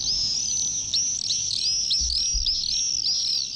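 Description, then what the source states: Common swifts screaming, a dense stream of high, thin, wavering squeals overlapping continuously, with a low rumble of background noise. Adult birds; recorded in May; one of five swift species in the Iberian Peninsula; already departed for Africa.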